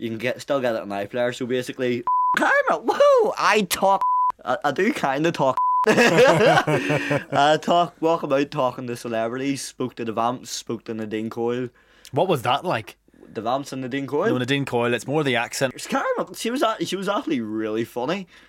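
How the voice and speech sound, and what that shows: A 19-year-old male from Bangor with verbal and physical Tourette syndrome, diagnosed at 16, speaks conversationally. Vocal tics such as "Carmel, woo!" break into his speech and are reactive to the situation he is in. Brief steady bleep tones sound over parts of the speech.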